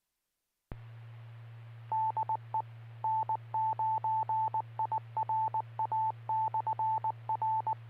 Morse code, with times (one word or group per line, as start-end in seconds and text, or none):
1.9-2.6 DE
3.0-7.7 N9IRA/R